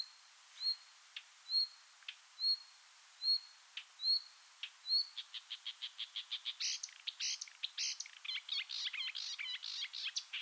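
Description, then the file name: Marsh warbler song opening with evenly spaced whistled upslurred notes about once a second, then breaking into a fast, varied chatter of harsh, sharp notes. "suara-kicauan-burung-marsh-warbler omkicau"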